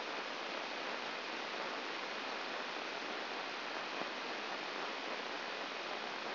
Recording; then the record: brain microelectrode recording played as sound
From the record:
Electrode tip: outside the subthalamic nucleus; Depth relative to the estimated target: -8 mm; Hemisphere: right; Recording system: AlphaMap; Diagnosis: Parkinson's disease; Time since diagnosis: 10 years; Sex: female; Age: 63 years